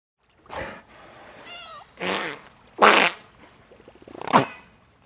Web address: pacific pilot whale spitting